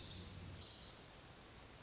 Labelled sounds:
Pacific Wren (Troglodytes pacificus)

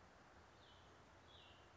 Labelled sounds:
Cassin's Vireo (Vireo cassinii)

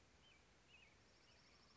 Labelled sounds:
Western Tanager (Piranga ludoviciana)

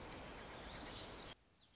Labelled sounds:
Orange-crowned Warbler (Leiothlypis celata)

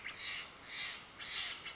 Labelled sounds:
Steller's Jay (Cyanocitta stelleri)

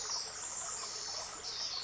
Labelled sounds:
Pacific Wren (Troglodytes pacificus)

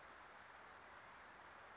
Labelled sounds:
Western Flycatcher (Empidonax difficilis)

